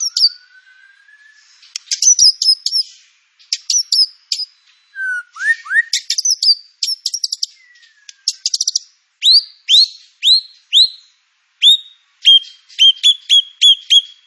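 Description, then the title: White-rumped shama song made of varied short whistles, sharp clicks and downslurred notes in irregular phrases, ending with quicker repeated chirps. Lure song (pancingan) of white-rumped shama with full filler (isian) material. "PANCINGAN MURAI BATU. MURAI BATU FULL MATERI ISIAN"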